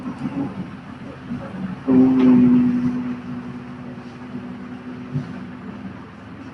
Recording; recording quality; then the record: sustained vowel as in boot; poor, much background noise or distortion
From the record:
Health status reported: healthy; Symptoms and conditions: cough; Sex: male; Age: 23 years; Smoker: yes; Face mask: not worn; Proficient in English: yes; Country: India